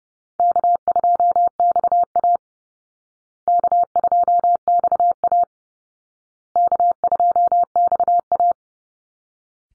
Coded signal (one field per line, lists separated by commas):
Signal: Morse code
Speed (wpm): 30 wpm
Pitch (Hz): 700 Hz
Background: none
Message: K2XA K2XA K2XA